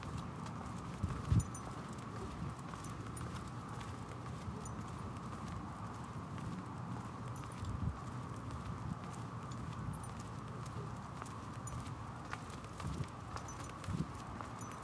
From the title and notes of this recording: We walk through the adjacent streets of Central Phoenix by our home, taking in the sights and sounds of the neighborhood as we make our way to a perfect spot to watch the sunrise by the canal. June | Summer.